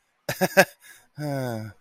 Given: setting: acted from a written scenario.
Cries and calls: vocal sound without words; embarrassment

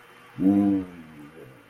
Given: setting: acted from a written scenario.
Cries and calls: vocal sound without words; contentment

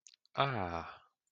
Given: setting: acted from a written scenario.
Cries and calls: vocal sound without words; neutral

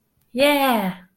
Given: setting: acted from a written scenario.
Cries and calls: vocal sound without words; triumph

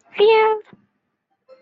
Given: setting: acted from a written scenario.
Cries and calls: vocal sound without words; fear

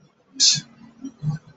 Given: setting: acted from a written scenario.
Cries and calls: vocal sound without words; contempt

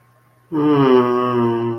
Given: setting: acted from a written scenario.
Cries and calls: vocal sound without words; shame

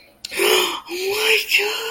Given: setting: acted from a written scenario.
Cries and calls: vocal sound without words; positive surprise

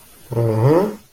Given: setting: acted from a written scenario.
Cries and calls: vocal sound without words; pride

